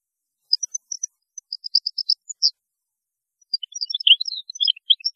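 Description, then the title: European goldfinch song, scattered high tinkling notes building into a rapid, varied twitter of liquid chirps. "Chant Chardonneret"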